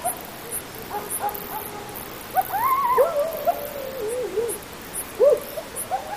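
Coyote calls: a few soft yips, then a rising howl sliding into a long, wavering descending note, and a short sharp yelp near the end.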